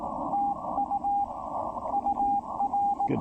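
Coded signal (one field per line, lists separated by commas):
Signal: Morse code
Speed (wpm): 19 wpm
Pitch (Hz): 800 Hz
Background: radio noise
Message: TU UR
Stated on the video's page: Morse from a Parks On The Air activation on the Blue Ridge Parkway using a Xiegu X5105 with an MFJ-1984LP EFHW antenna.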